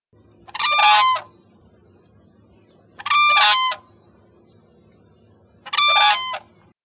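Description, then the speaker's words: Whooping crane unison call: three loud, harmonic bugling bursts about every two and a half seconds, each rich and brassy, over a faint low hum. A pair bugling in unison after waking up in the morning. "After a pair of whooping cranes wake up in the morning, they bugle in unison."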